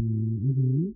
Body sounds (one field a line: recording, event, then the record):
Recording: neck accelerometer signal played as sound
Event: no cough (speech, laughter, throat clearing or background)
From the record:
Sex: male